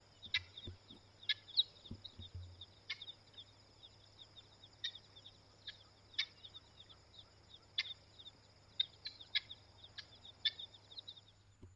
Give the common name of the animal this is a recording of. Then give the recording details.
Helmeted Guineafowl. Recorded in northern Uganda